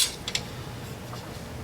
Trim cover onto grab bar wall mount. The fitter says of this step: And then this will come over it and snap in place